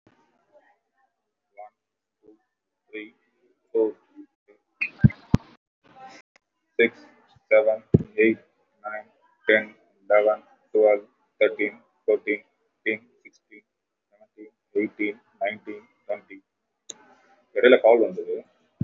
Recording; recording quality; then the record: counting at a normal pace; excellent, no background noise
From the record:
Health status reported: recovered from COVID-19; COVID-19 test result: positive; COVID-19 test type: RT-PCR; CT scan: taken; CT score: 0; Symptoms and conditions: cold, muscle pain, pneumonia, another respiratory illness, another condition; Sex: male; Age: 33 years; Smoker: no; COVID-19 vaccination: both doses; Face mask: worn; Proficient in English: yes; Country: India